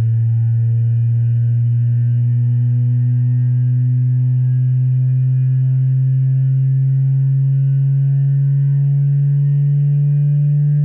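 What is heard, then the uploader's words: A spacecraft on a vibration shaker table gives a steady, loud low drone with a buzzy overtone, briefly dipping around four and nine seconds. ESA ESTEC Test Centre Sounds: Bepi Colombo MCS on QUAD shaker (Sine 16G). The BepiColombo Mercury Composite Spacecraft (MCS) on the QUAD shaker in the Test Centre at ESA's European Space Research and Technology Centre (ESTEC) in Noordwijk, the Netherlands. The sample is completely unedited and in its original length.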